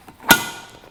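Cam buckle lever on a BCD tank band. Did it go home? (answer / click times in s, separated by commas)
yes / 0.3 s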